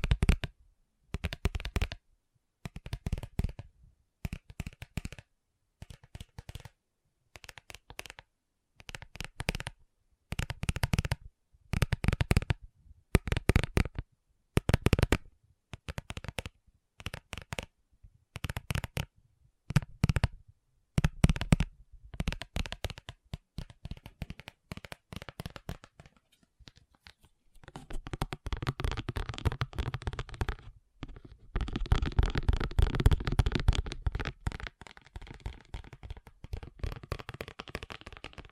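Fast fingertip tapping comes in quick bursts of rapid clicks, each lasting a second or so, separated by brief pauses for most of the first half. After about 28 seconds the tapping turns denser and nearly continuous, brighter and rustling, like shuffled cards.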